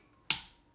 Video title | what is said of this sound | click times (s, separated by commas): I Made My Own 230V Hook Up Cable - VW Transporter 6.1 | there you go that's locked and then like i said uh you tighten the back bit up | 0.3 s